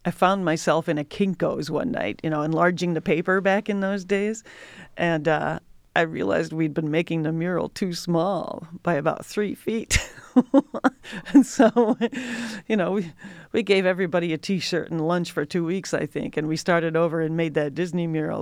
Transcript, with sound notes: I found myself in a Kinko's one night, enlarging the paper back in those days, and I realized we'd been making the mural too small by about three feet. [LAUGHTER] We gave everybody a t-shirt and lunch for two weeks, I think, and we started over and made that Disney mural.